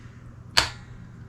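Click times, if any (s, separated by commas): 0.6 s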